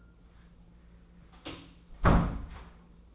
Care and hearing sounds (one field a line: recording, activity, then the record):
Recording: daily activity, microphone in the room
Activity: close door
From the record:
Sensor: 1